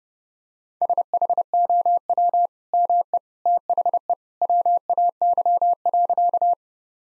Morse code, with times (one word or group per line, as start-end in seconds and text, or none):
0.8-2.5 SHOW
2.7-3.2 ME
3.5-4.1 THE
4.4-6.5 WAY.